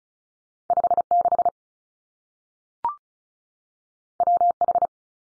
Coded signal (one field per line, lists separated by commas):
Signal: Morse code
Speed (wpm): 36 wpm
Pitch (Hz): 700 Hz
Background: none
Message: 5 6 W H